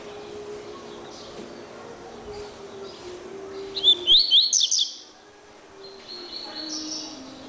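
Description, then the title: Double-collared seedeater song, one short energetic run of rapid, high zigzagging chirps lasting about a second, with a quiet steady low hum underneath. "Canto Coleiro"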